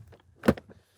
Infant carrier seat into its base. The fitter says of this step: Now we're ready to install our seat into our base, so when we set it in, we're listening for an audible click.